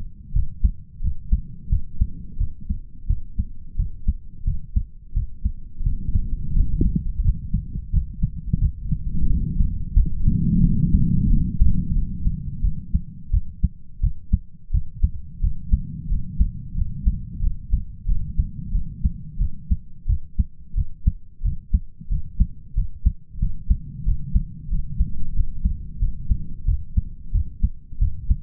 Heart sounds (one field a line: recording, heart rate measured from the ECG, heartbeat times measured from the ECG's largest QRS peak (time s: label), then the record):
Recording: heart sounds by stethoscope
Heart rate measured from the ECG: 89 bpm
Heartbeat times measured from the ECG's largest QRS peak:
0.33 s: heartbeat
1.01 s: heartbeat
1.69 s: heartbeat
2.38 s: heartbeat
3.07 s: heartbeat
3.76 s: heartbeat
4.44 s: heartbeat
5.13 s: heartbeat
5.83 s: heartbeat
6.53 s: heartbeat
7.22 s: heartbeat
7.90 s: heartbeat
8.58 s: heartbeat
9.27 s: heartbeat
9.94 s: heartbeat
10.60 s: heartbeat
11.27 s: heartbeat
11.93 s: heartbeat
12.61 s: heartbeat
13.31 s: heartbeat
14.00 s: heartbeat
14.71 s: heartbeat
15.41 s: heartbeat
16.09 s: heartbeat
16.75 s: heartbeat
17.41 s: heartbeat
18.06 s: heartbeat
18.72 s: heartbeat
19.38 s: heartbeat
20.06 s: heartbeat
20.75 s: heartbeat
21.42 s: heartbeat
22.09 s: heartbeat
22.75 s: heartbeat
23.40 s: heartbeat
24.05 s: heartbeat
24.70 s: heartbeat
25.34 s: heartbeat
25.99 s: heartbeat
26.65 s: heartbeat
27.32 s: heartbeat
27.99 s: heartbeat
From the record:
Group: healthy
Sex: male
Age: 33 years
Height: 179 cm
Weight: 80.4 kg